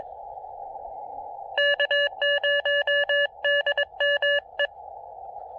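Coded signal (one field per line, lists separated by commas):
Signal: Morse code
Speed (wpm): 22 wpm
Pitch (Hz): 1700 Hz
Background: none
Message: K0DME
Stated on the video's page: QRP CW summit activation on a foggy Craggy Dome using an Elecraft KX2 transceiver and MPAS Lite antenna.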